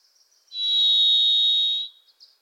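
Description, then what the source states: Varied thrush song: a single long, steady, buzzy whistled tone held for over a second, rich with overtones, then fading out. Wild bird in Pacific Northwest forest; its voice is likened to crying "Listen. Listen."; a Wilson's Warbler sings alongside.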